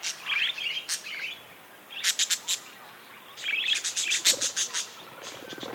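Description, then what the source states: Budgerigar chatter: warbling chirps alternating with rapid runs of sharp clicking ticks, in busy bursts separated by quieter gaps. Several budgies described as happy.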